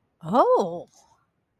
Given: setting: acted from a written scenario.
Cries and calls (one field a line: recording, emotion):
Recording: vocal sound without words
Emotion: realization